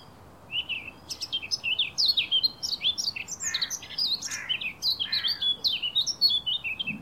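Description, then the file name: Eurasian blackcap song: a rapid, varied warble of high scratchy and whistled notes, delivered almost continuously after a brief quiet start. "Sylvia atricapilla"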